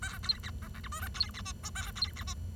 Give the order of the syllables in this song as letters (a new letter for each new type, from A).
A B C D E F G H B C I J A B C I